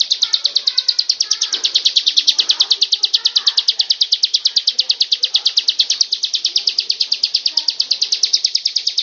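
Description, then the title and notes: Bird trill: a continuous run of rapid, high, metallic notes, evenly spaced, with quieter chirps underneath. "Bird Sound. Kicau Burung Lengkap"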